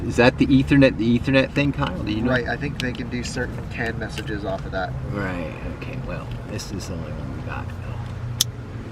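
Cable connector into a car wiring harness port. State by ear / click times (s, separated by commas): seated / 8.4 s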